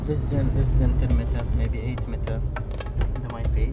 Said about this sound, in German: Mit seinem Auto fährt er mit mir die Gasse entlang, durch die die Fischer damals zogen.